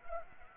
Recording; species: mosquito wingbeat signal from an infrared sensor; Anopheles arabiensis